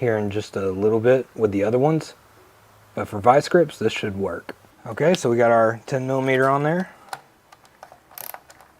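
Someone talks while a 10mm socket on a ratchet is fitted onto a steel bolt head with rounded-off flats and turned, followed by a few short, sharp ratchet-pawl clicks near the end. The socket cams out with no bite and slips instead of gripping, leaving the bolt head stripped; no single slip sound stands out, and nothing has seated or clicked into place.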